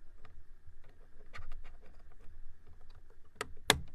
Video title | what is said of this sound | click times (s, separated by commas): BERNINA #43 Couching Foot - Tips & Techniques at Artistic Artifacts | there we go and it just snaps back into place | 3.4 s, 3.7 s